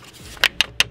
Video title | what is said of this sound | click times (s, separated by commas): Ist der Spender-Motor noch zu gebrauchen? / Letztes Carmeet der Saison @E-EXHAUST | jetzt schon eingerastet und | 0.4 s, 0.6 s, 0.8 s